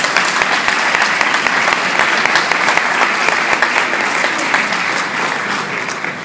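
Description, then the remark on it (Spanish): An audience at a Catholic formation course for university students applauds steadily for about six seconds, a dense wash of many hands clapping at a fairly loud, even level that eases off slightly at the end, with no voices. “Un fuerte aplauso.”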